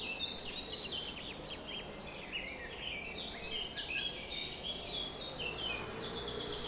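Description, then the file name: Birds: bird dawn chorus: many overlapping high chirps, trills and whistles from several birds at once, steady over a soft low hiss. Summer morning bird chorus at 4:40 am. "summer morning bird chorus-4 40 am in cobs"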